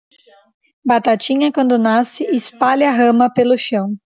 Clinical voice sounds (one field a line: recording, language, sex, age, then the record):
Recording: short text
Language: Brazilian Portuguese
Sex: female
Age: 30 to 39 years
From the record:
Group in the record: control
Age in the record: 30 years